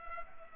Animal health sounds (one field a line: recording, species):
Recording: mosquito wingbeat signal from an infrared sensor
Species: Culex pipiens